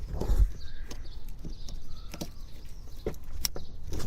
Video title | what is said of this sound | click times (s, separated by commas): How To Change The Spark Plugs On A Toyota Previa/ Estima !!!! | Plug this connector back in. You should hear it click. | 3.5 s